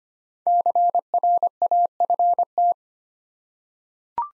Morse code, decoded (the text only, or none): CRAFT